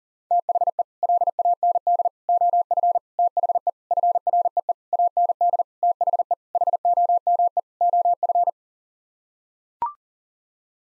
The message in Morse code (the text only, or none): THE LAND OF THE FREE AND THE HOME OF